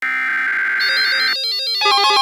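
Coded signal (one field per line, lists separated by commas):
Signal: Emergency Alert System (SAME) tones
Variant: header bursts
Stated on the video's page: Simulated flash flood warning alert, mock made using another person's weather radios.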